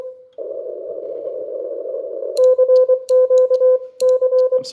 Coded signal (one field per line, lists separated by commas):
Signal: Morse code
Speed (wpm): 22 wpm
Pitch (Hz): 510 Hz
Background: none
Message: CQC